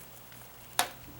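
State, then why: Seated. A small fitting is pushed into its mount at an angle and clicks into place with a single sharp snap at 0.8 s against quiet background noise. The fitting is seated.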